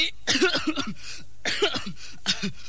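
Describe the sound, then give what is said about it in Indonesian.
A person standing in a marching drill formation, sick with a cough, gives three bursts of harsh, raspy coughing, each a quick cluster of hacking coughs separated by short pauses, fairly loud with no talking over them. “Hei, kenapa ini? Baris kau pakai batuk-batuk segala.”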